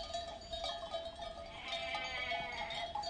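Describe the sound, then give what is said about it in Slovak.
Sheep grazing in a clearing bleat among a steady jangle of cowbells, the bells ringing in overlapping metallic tones while short bleats rise now and then above a continuous pastoral background. “Zmorený a ukonaný, dorazil až na jednu čistinu, na ktorej sa pásli ovce a neďaleko stála koliba.”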